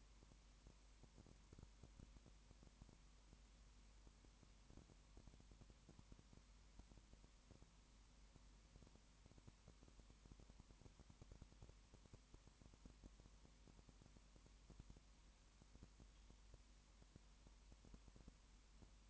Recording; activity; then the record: daily activity, microphone in the room; no activity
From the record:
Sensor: 1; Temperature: 19.7 degrees Celsius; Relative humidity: 40.5%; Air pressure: 1010.6 hPa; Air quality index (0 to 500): 209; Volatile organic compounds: 56 ppm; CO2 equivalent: 3372 ppm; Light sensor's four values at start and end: 1/2/1/1 and 1/2/1/1